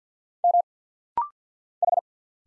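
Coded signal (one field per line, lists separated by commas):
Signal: Morse code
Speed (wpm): 50 wpm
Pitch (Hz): 700 Hz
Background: none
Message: M H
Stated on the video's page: Rapid-fire 50 wpm Morse practice drill of single letters and numbers, each character sent twice for head-copy.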